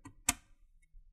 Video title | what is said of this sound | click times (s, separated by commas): Dell Optiplex 3050 Mini Pc SSD NVME / Hdd UPGRADE | then you want to push it towards the contact right there. And you're going to hear the click. There. | 0.3 s